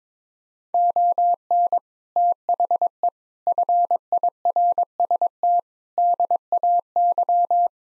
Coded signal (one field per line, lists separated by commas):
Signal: Morse code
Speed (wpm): 22 wpm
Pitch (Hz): 700 Hz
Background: none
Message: ON THE FIRST DAY